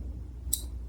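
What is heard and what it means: A factory metal wire terminal pin for a GX460 third brake light is pushed into its cavity in the plastic connector housing, gap side facing the safety latch. Over a low steady hum, one sharp, bright click sounds at 0.5 s as the terminal seats in the housing.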